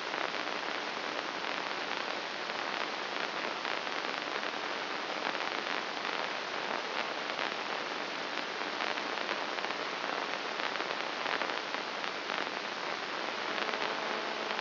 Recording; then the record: brain microelectrode recording played as sound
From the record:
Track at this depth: outside the subthalamic nucleus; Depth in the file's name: 2.536 mm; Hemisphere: left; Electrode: 2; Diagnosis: Parkinson's disease